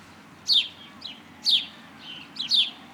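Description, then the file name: House sparrow chirping, three loud chirps about once a second, with quieter softer notes between them, over a faint low background hum. "Passer domesticus"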